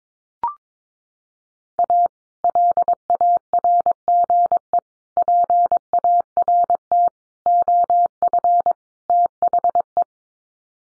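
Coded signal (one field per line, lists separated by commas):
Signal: Morse code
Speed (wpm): 22 wpm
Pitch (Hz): 700 Hz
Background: none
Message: A LARGE PART OF THE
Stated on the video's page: Morse head-copy drill of common five-word groups at 22 wpm, each set sent in code, spoken, then resent.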